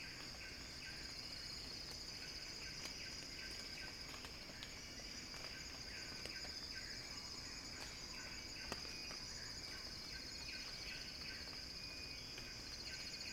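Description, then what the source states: Cicada song, a dense high-pitched buzz that swells slightly in the first seconds and then holds steady, with faint chirps and clicks underneath. Cicada song described as a crescendo.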